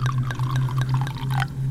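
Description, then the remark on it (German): Red Beaujolais wine glugs from a bottle into a glass in a steady pour, with a low hum underneath and bright splashy clicks as the liquid rises in the glass, ending in a short burbling gurgle. “Ich hatte die letzte Flasche Beaujolais aus meinem Überlebenskoffer genommen.”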